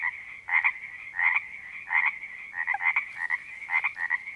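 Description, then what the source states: Frogs in a dense chorus, loud pulsed croaks in short bursts against a steady drone of overlapping calls. Frogs at a creek in Panoche Valley, California, recorded on 02-04-08 (2008).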